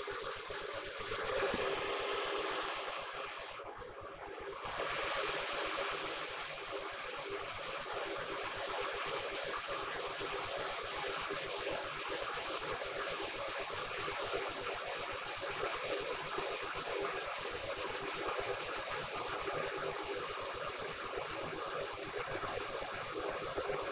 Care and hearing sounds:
household activities, microphone on the right wrist
0.00-23.92 s: making tea

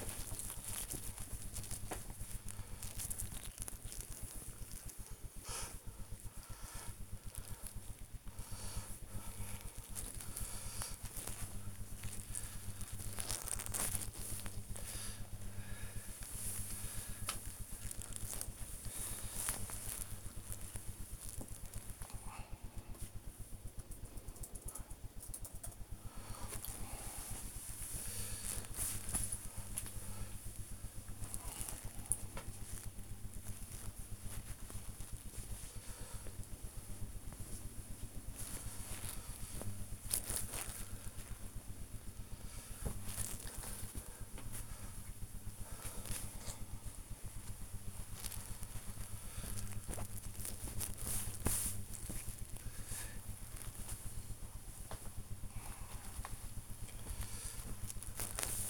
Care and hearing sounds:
household activities, microphone on the right wrist
0.00-21.93 s: tidy up the wardrobe
25.97-58.70 s: tidy up the wardrobe

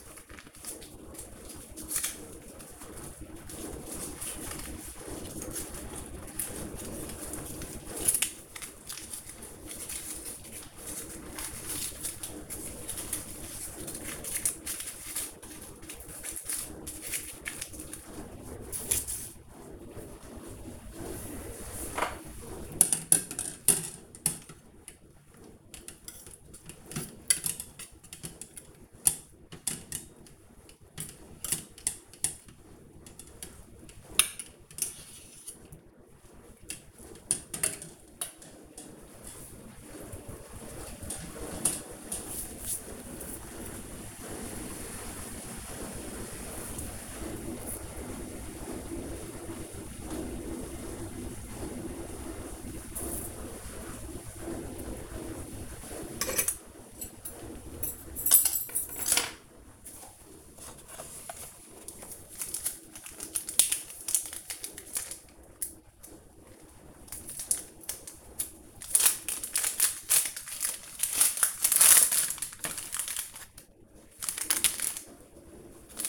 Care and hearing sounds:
household activities, microphone on the right wrist
0.00-37.05 s: baking
39.06-76.09 s: baking

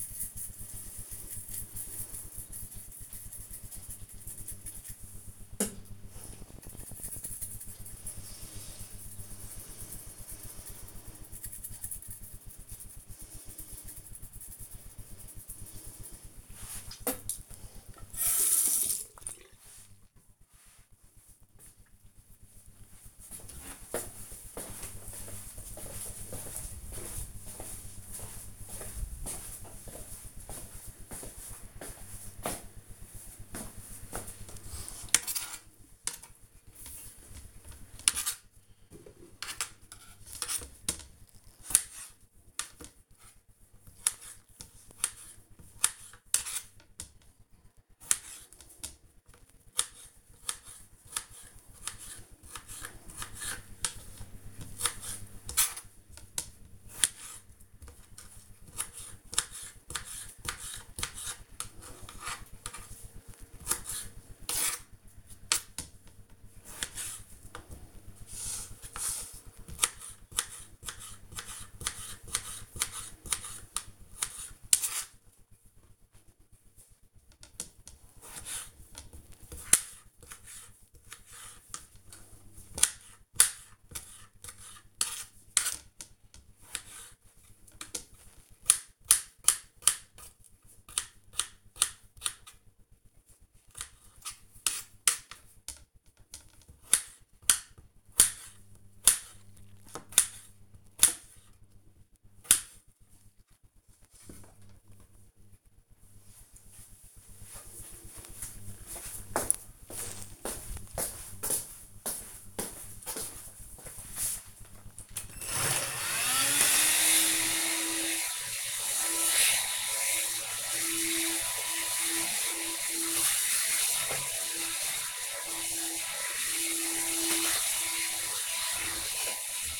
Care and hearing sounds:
household activities, microphone on the right wrist
0.00-19.09 s: brushing teeth
33.16-103.63 s: cutting vegetables
113.69-129.79 s: vacuum cleaning

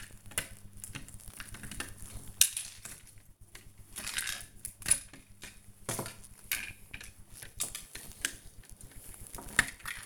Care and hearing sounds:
household activities, microphone on the right wrist
0.00-5.80 s: working on the computer

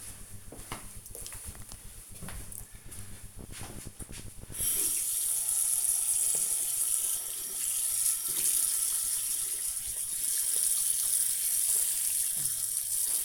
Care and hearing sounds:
household activities, microphone on the right wrist
3.96-13.25 s: washing hands

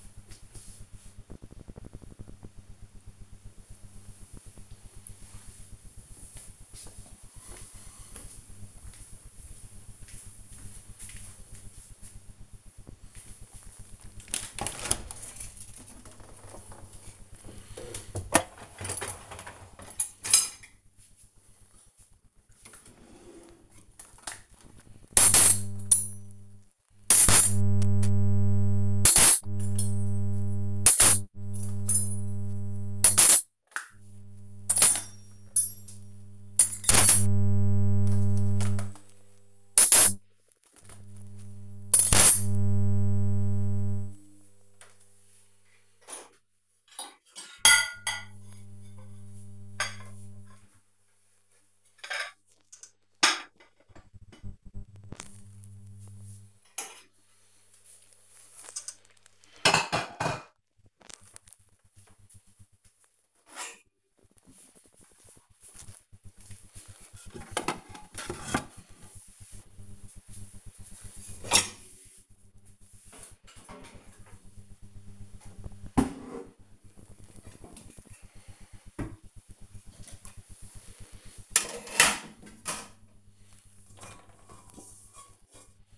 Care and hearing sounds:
household activities, microphone on the right wrist
13.64-85.98 s: cleaning out the dishwasher

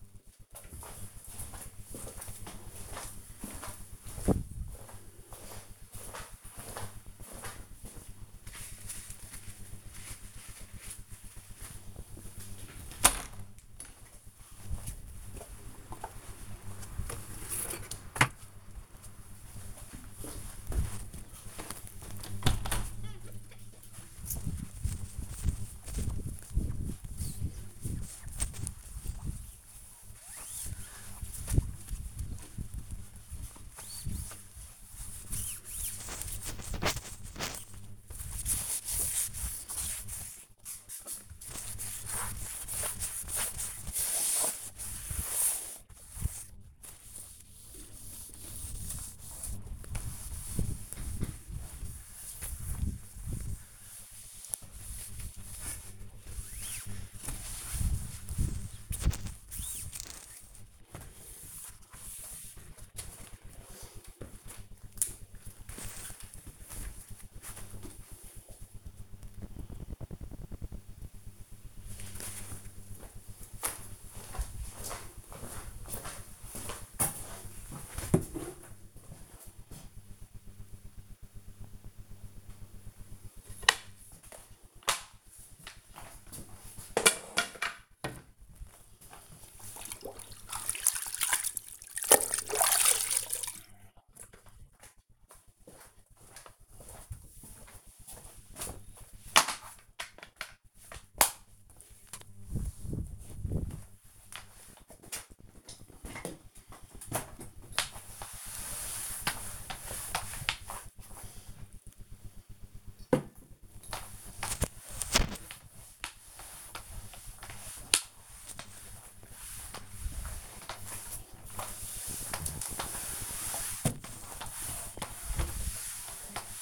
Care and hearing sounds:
household activities, microphone on the right wrist
10.10-63.56 s: window cleaning
81.70-126.62 s: floor cleaning

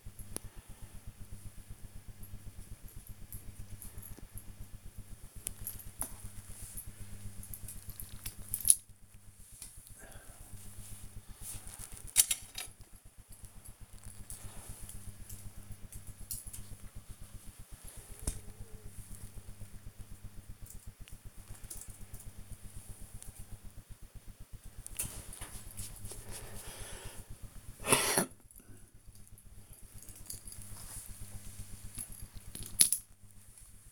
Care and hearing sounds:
household activities, microphone on the right wrist
0.00-18.84 s: dusting model cars
22.89-33.91 s: dusting model cars

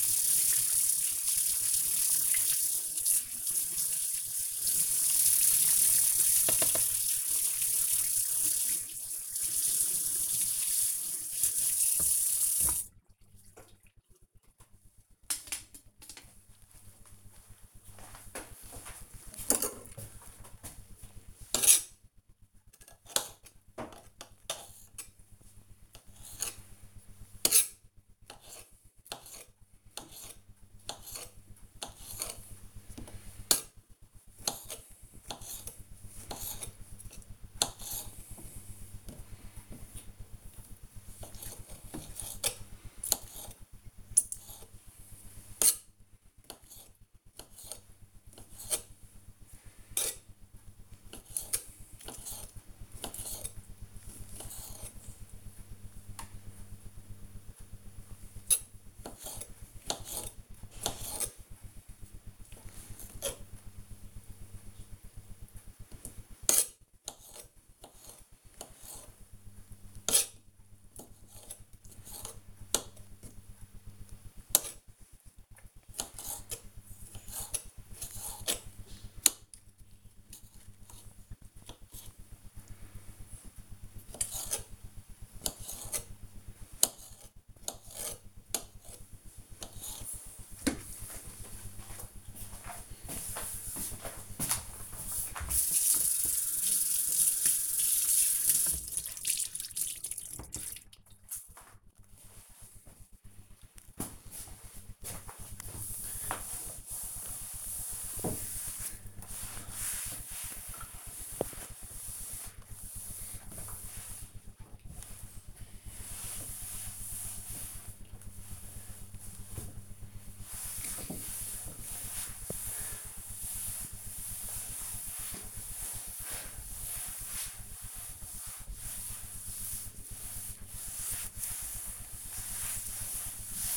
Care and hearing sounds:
household activities, microphone on the right wrist
0.00-13.67 s: washing dishes
19.71-90.21 s: cutting vegetables
96.25-133.77 s: cleaning table

